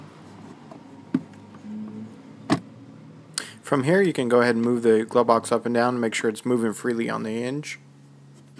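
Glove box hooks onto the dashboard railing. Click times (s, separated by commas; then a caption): 2.5 s, 3.4 s. The plastic glove box of a 2010-2013 Chevy Equinox or GMC Terrain is reinstalled, with its hooks lifted over the plastic railing on the dashboard and pushed until they snap. Sharp snaps are heard at 2.5 s and 3.4 s, then someone talks. The glove box hooks are seated in place.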